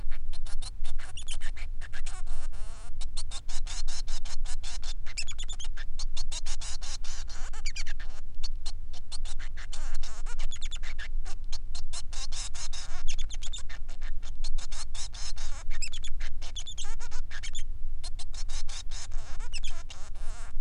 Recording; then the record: song of a male Bengalese finch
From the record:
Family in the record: son of father 3